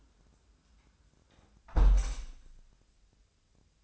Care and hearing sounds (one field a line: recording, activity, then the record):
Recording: daily activity, microphone in the room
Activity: close window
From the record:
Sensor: 2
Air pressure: 1000.3 hPa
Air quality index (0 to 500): 132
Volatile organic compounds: 2 ppm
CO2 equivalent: 1102 ppm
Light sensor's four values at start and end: 12/33/13/15 and 11/31/12/14